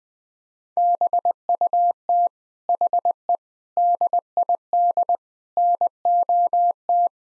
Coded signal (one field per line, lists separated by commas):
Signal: Morse code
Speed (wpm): 20 wpm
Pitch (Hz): 700 Hz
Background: none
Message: BUT HE DID NOT